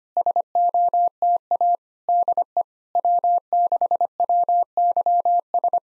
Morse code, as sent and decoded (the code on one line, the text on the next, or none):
... --- - .- / -.. . / .-- -.... .-- -.-- ...
SOTA DE W6WYS